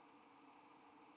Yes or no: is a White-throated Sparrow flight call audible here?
no